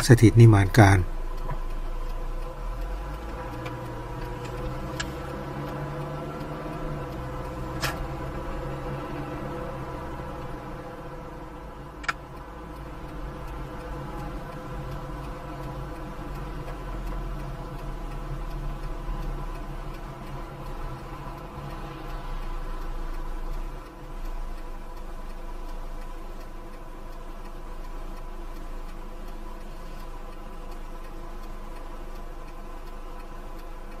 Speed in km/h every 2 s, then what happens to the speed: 1, 4, 15, 22, 28, 30, 28, 25, 23, 20, 16, 9, 3, 1, 0, 0, 0.
0-9 pulls away to 30. 9-25 slows to 1. 25-34 standing.